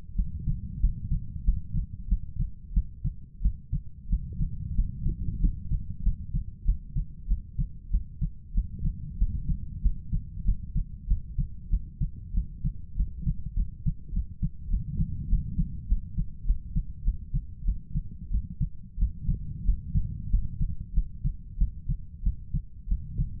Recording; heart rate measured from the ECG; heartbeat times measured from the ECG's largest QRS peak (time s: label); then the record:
heart sounds by stethoscope; 95 bpm
0.16 s: heartbeat
0.80 s: heartbeat
1.45 s: heartbeat
2.08 s: heartbeat
2.74 s: heartbeat
3.42 s: heartbeat
4.09 s: heartbeat
4.75 s: heartbeat
5.40 s: heartbeat
6.03 s: heartbeat
6.65 s: heartbeat
7.28 s: heartbeat
7.91 s: heartbeat
8.54 s: heartbeat
9.18 s: heartbeat
9.82 s: heartbeat
10.45 s: heartbeat
11.07 s: heartbeat
11.70 s: heartbeat
12.34 s: heartbeat
12.96 s: heartbeat
13.56 s: heartbeat
14.13 s: heartbeat
14.70 s: heartbeat
15.29 s: heartbeat
15.88 s: heartbeat
16.46 s: heartbeat
17.04 s: heartbeat
17.65 s: heartbeat
18.31 s: heartbeat
18.98 s: heartbeat
19.65 s: heartbeat
20.30 s: heartbeat
20.94 s: heartbeat
21.58 s: heartbeat
22.23 s: heartbeat
22.88 s: heartbeat
From the record:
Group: healthy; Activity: cold pressor test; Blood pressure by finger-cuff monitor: 132/81 mmHg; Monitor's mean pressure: 93 mmHg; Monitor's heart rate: 94 bpm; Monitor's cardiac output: 7.9 L/min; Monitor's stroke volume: 83 mL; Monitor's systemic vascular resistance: 880 dyn s/cm5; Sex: male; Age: 23 years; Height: 179 cm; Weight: 87 kg